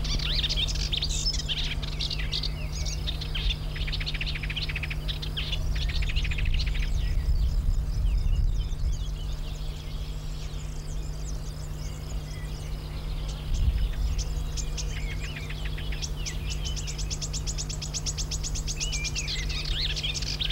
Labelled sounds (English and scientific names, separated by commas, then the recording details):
Woodchat Shrike (Lanius senator) song
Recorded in the wild
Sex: male
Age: adult
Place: Crnotice, Cicarija, SI
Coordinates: 45.48, 14.03
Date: 1994-06-02
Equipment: Sony WM-D6C, Sennheiser ME 66, 1st genation MC copy
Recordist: Ernst, Stephan